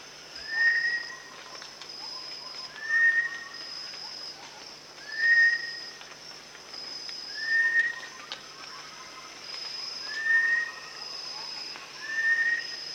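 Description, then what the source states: Rufous-tailed shama giving a single clear whistled note roughly every two and a half seconds, fairly regularly spaced, while insects buzz steadily in the background. Recorded at Danum; dated 1 January 2008.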